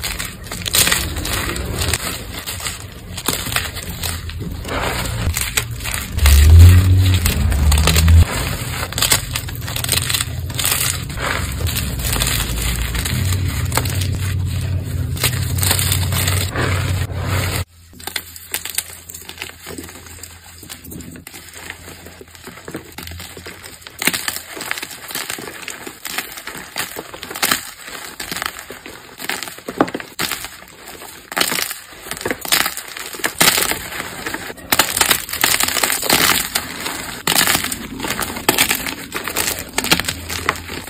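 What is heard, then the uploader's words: Powder crunching in dense, irregular bursts of gritty crackle, with a low rumbling swell around seven seconds and a sudden cut near eighteen. Powder Crunch.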